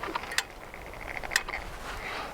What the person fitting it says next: got two clicks